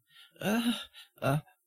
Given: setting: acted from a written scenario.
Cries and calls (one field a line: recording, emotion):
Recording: vocal sound without words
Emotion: embarrassment